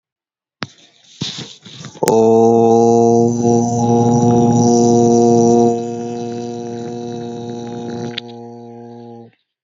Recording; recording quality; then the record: sustained vowel as in boot; excellent, no background noise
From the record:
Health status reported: healthy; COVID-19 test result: not tested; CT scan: not taken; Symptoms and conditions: none ticked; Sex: male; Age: 21 years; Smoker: no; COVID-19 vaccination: both doses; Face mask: not worn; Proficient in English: yes